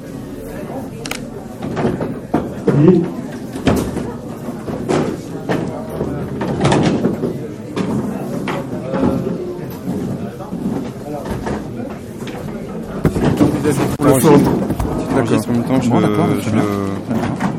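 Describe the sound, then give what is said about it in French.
Chairs being moved to one side and stacked before tango dancing, a steady run of irregular knocks, scrapes and hollow clunks, with murmuring voices talking underneath throughout. “Et avant de danser le tango, on va mettre les chaises de ce côté-là. En les empilant, c'est mieux.”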